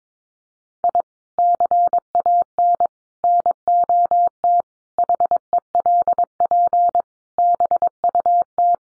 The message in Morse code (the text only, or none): I CAN NOT HELP BUT